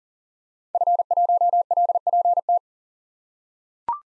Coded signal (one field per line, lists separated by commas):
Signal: Morse code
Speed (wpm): 40 wpm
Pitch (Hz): 700 Hz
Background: none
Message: F1LPT